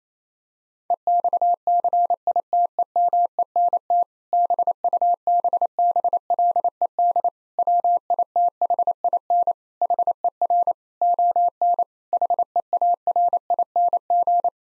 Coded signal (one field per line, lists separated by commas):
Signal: Morse code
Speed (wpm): 28 wpm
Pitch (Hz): 700 Hz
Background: none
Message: EXCITEMENT BUBBLED WITHIN HER ON HEARING